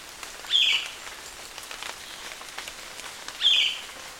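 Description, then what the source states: Tongan megapode gives two short, clear notes about three seconds apart, against soft hiss and scattered faint clicks. Calls recorded at dawn.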